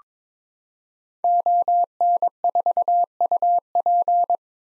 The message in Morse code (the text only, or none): ON4UP